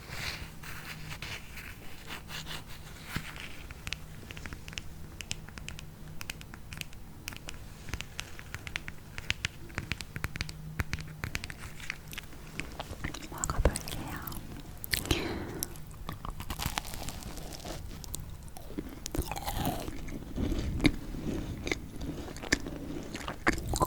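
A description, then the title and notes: Crisp eating sounds of macarons: dense clusters of small crunches and bites with wet chewing in between, running continuously. Around the middle and near 20 seconds the crunching grows louder and fuller. A faint low hum sits underneath. ASMR Korean Macaron Tapping & Eating Sound.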